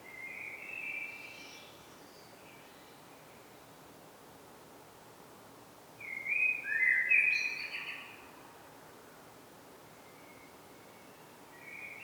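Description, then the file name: Common blackbird giving a short fluty whistled phrase midway, with a fainter warbled note at the start and end over a quiet background hiss. "Turdus merula"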